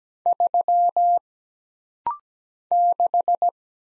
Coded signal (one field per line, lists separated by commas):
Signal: Morse code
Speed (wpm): 17 wpm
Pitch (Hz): 700 Hz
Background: none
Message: 3 6